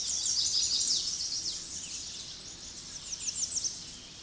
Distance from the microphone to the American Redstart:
about 55 m